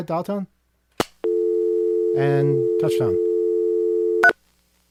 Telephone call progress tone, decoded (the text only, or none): dial tone